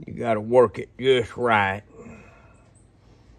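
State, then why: Not seated. Someone talks while working a metal brake pad retaining clip into the brake caliper bracket of a Buick LaCrosse during a brake change, followed by a few seconds of quiet low background noise. Nothing has seated or clicked yet.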